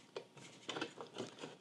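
An SSD is slid through an adapter into the connector ports of a Geekom A5 mini PC, with its big and little notches lined up to the connector, and it should click into place. Only several small, light handling taps are heard across the 1.7 seconds. Nothing has seated or clicked yet.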